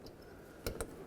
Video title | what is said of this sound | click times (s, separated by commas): How to Replace Fuel Tank Pressure Sensor 2003-2021 Chevrolet Express 3500 | simply reconnect it. Make sure the connector clicks, of course. | 0.7 s, 0.8 s